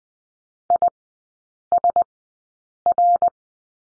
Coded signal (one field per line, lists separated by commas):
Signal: Morse code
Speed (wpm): 20 wpm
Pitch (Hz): 700 Hz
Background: none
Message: ISR